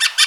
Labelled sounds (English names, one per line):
Brown-throated Parakeet contact call